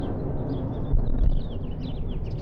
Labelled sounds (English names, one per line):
House Finch song